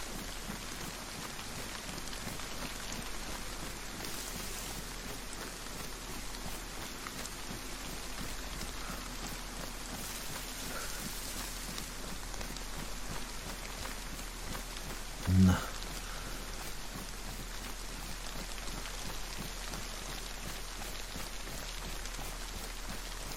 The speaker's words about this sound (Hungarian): Ettől függetlenül tökre örülnék neki, hogyha végre alább hagyna az eső és kisütne a nap, mert hogy azért látszik, hogy hideg van.